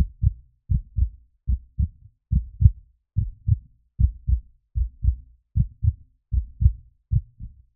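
Steady, regular paired low thumps in a clear lub-dub pattern at about 75 beats a minute, with quiet gaps between beats and no other sounds: a human heartbeat with a steady rhythm.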